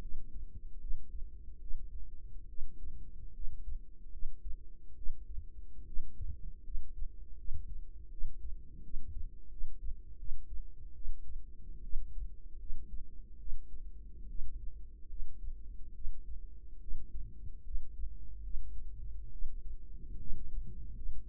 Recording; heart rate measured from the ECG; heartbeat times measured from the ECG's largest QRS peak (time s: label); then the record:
heart sounds by microphone in the right ear; 74 bpm
0.00 s: heartbeat
0.80 s: heartbeat
1.60 s: heartbeat
2.48 s: heartbeat
3.33 s: heartbeat
4.11 s: heartbeat
4.95 s: heartbeat
5.85 s: heartbeat
6.63 s: heartbeat
7.37 s: heartbeat
8.10 s: heartbeat
8.82 s: heartbeat
9.50 s: heartbeat
10.17 s: heartbeat
10.94 s: heartbeat
11.82 s: heartbeat
12.58 s: heartbeat
13.38 s: heartbeat
14.28 s: heartbeat
15.08 s: heartbeat
15.93 s: heartbeat
16.80 s: heartbeat
17.64 s: heartbeat
18.42 s: heartbeat
19.31 s: heartbeat
20.18 s: heartbeat
20.95 s: heartbeat
From the record:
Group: healthy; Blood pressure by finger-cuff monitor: 103/53 mmHg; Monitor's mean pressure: 68 mmHg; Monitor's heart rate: 73 bpm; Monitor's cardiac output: 7.2 L/min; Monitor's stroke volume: 97 mL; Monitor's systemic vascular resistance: 690 dyn s/cm5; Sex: female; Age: 22 years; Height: 157 cm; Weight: 47.6 kg